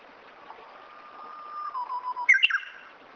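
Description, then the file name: Japanese bush warbler singing a long, low whistle that wavers and drops slightly, then finishes with an abrupt, bright, snapping double phrase. "uguisu"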